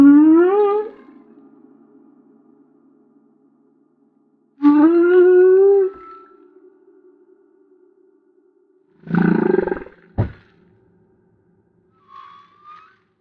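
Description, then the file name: Humpback whale song: two rising harmonic whoops a few seconds apart, then a broad grunting burst and faint high squeaks. Recorded off Maui. "Humpback Whale - Maui Whale One"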